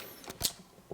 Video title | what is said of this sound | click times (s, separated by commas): Toshiba dynaPad WT12PE-A64 Unboxing and First Impressions | slot for the pen that just snaps right in there. | 0.4 s